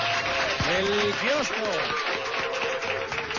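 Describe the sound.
A burst of applause, dense and steady for about three seconds, with excited voices whooping and calling over the clapping throughout.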